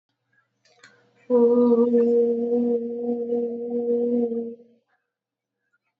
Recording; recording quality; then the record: sustained vowel as in boot; excellent, no background noise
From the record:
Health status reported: COVID-19 positive, mild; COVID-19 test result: positive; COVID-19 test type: RT-PCR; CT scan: not taken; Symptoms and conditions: fever, fatigue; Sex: female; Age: 22 years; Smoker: no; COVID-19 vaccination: both doses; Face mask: not worn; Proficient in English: yes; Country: India